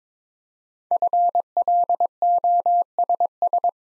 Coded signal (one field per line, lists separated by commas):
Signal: Morse code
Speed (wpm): 22 wpm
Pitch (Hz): 700 Hz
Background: none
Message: FLOSS